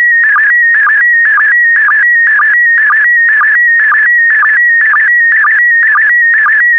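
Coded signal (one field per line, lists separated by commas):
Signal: SSTV (slow-scan television)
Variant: PD120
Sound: warbling electronic tone with short low blips about twice a second, steady rhythm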